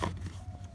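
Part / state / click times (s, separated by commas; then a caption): plastic interior trim cover into truck cabin panel / seated / 0.0 s. A plastic interior trim cover is pressed back into a cabin panel of a 2014 Toyota Tundra, refitted before routing the electric trailer brake controller wiring so the wiring sits in its natural position. A short, sharp snap is heard at 0.0 s, followed by quieter low rumbling. The trim cover snaps back into place and is seated.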